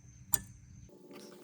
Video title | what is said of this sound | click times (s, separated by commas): Civic Type R FL5 - Integra Type-S Adaptive Dampening System Module (ADS) Installation + Road Review | Let's go ahead and put it in position and then push up. And you'll hear it click. | 0.3 s